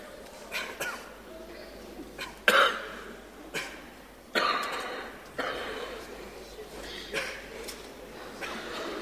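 Scattered coughs and throat clearing from adult audience members in a hall, irregular, heard during a performance of a silent piece.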